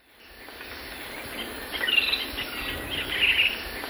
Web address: Natures Songs S America Birds of Ecuador Rufous-winged Antwren